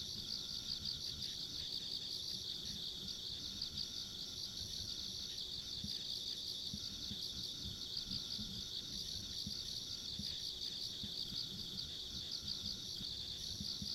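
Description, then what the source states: Insects keep up a continuous high buzzing chorus with a thin high whine, over a steady low background rumble. Ambient insect sounds along a rural country road.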